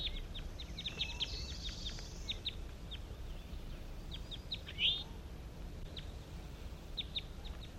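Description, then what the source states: Crossbill calls: short, sharp chips repeated in quick bursts, with a brief louder rising note midway and a faint steady hiss behind. Wild crossbills calling to captive crossbills again, with the captives calling back, around 10 a.m., at a net site on a hillside.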